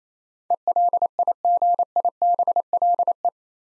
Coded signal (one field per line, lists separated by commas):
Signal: Morse code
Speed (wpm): 28 wpm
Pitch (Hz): 700 Hz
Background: none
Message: ELIGIBLE